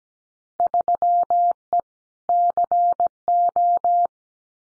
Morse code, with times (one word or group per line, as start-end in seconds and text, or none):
0.6-1.8 3E
2.3-4.1 CO